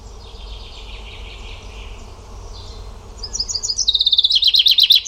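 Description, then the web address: Bird song: faint twittering at first, then a loud rapid high trill of repeated notes in the last two seconds. Only bird sounds in the recording. "cianscape birddata Deverinetal 2025 Bird Only"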